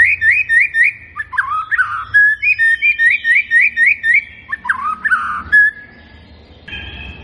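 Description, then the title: White-rumped shama song with quick rising whistles repeated in a steady series, then falling slurs and a brief buzzy phrase near the end. Lure recording meant to make the bird respond; bird described as gacor (singing energetically). "PANCINGAN MURAI BATU GACOR"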